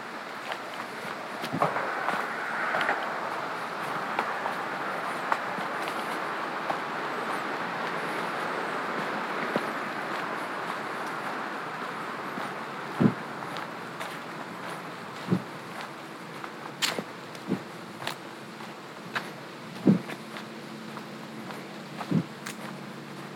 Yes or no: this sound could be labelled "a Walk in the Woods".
yes